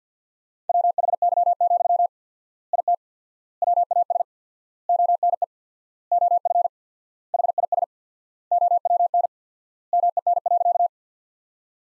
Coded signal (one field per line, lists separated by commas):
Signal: Morse code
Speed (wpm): 48 wpm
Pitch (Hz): 700 Hz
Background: none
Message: WHY, IT WAS ONE OF HIS OWN MEN.